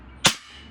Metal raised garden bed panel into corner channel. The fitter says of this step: give it a smack and it locks in place